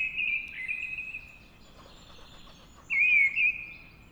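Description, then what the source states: Mistle Thrush song: a loud fluted phrase held near one pitch for about a second and a half, a pause, then a short warbling phrase with a quick upward flourish. Singing at dawn.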